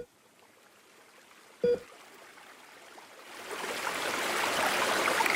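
Steady rushing of the Darling River flowing by a village, a soft hiss that swells louder and fuller halfway through, with one brief sharp blip early on and no voices.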